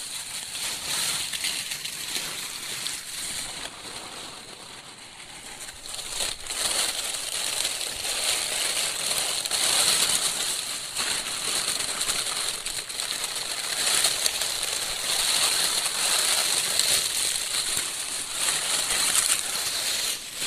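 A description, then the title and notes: Dry autumn leaves of London plane, oak and maple crackle and crunch in a dense, continuous rustle. The crisp sound stays bright and busy throughout, with a brief easing around five seconds before it swells again and keeps up steady handling to the end. Autumn leaves. Dry London plane, oak, and maple leaves recorded by Dan Bodah on Argyle Road in Brooklyn, NY, November 2008.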